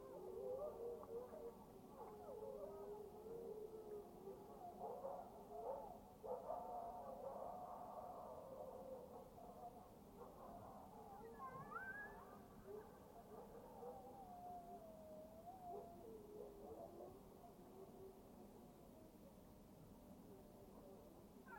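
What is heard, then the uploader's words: Coyotes and wolves howl over one another in a dense, overlapping chorus, their wavering voices sliding and yipping without pause. The calls wash into a heavy echo, with a low rumble underneath. Around twelve seconds, one voice rises higher above the rest. Coyotes And Wolves Call-and-Response. Coyotes and Wolves seemingly not wanting to be outdone, their howls drown in the lush reverberation of a deep basaltic-walled glacial valley.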